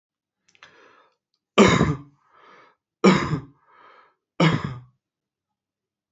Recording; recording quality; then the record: shallow voluntary cough; excellent, no background noise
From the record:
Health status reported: exposed to COVID-19, no respiratory illness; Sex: male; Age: 36 years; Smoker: yes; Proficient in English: yes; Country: India